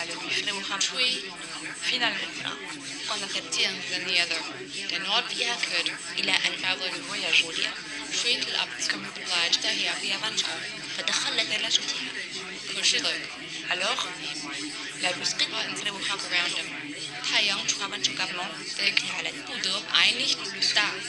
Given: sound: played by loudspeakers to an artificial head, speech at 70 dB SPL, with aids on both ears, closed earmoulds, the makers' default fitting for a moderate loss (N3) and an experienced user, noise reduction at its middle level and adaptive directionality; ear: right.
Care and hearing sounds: speech test signal (ISTS) in cocktail-party noise; -6 dB; in front (0 degrees)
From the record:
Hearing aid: class 1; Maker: B

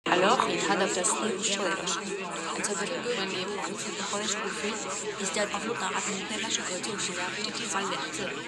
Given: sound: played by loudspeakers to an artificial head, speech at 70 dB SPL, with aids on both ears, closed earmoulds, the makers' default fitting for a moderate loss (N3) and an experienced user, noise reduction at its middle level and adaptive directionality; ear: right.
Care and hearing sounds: speech test signal (ISTS) in cocktail-party noise; -6 dB; on the right (90 degrees)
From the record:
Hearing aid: class 2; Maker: E

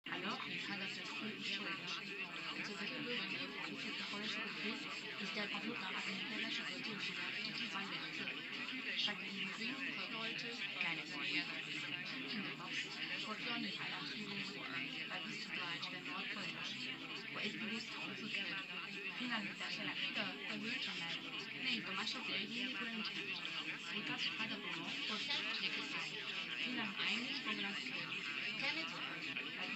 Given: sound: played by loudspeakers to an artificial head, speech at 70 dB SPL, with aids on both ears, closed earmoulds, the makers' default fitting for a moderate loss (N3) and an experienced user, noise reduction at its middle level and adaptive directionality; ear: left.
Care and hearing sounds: speech test signal (ISTS) in cocktail-party noise; 0 dB; on the right (90 degrees)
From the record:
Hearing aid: class 1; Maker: D

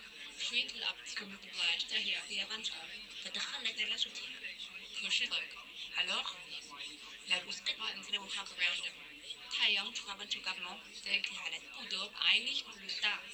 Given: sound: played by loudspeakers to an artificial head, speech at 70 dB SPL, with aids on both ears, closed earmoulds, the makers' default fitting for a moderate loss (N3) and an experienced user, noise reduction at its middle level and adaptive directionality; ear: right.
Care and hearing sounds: speech test signal (ISTS) in cocktail-party noise; 0 dB; on the right (90 degrees)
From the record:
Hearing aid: class 1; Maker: I

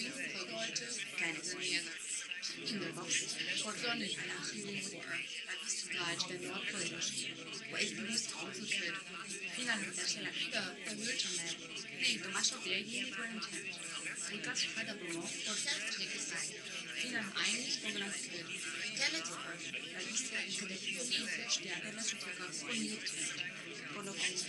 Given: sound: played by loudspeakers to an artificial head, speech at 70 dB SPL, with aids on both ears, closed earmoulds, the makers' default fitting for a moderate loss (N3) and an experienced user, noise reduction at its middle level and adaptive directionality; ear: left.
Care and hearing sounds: speech test signal (ISTS) in cocktail-party noise; 0 dB; on the right (90 degrees)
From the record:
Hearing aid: class 1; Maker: J

